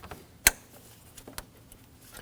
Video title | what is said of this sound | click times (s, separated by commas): How to Replace Radiator 2016-2022 Honda Pilot | With all these, you want to hear the click, make sure it's set all the way down, and that it can't pull back out. | 0.5 s